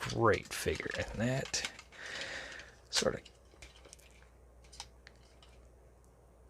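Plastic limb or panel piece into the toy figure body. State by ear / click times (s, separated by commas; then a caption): not seated / none. Someone talks while handling a plastic Transart BWM-07 Metal Mouse (MP Transmetal Rattrap) toy figure during transformation, working a plastic limb or panel piece into the figure body because it had not been clicked in all the way. Soft, brief handling ticks and rubs follow from about 3.6 s to 5.1 s. Nothing has seated or clicked into place yet.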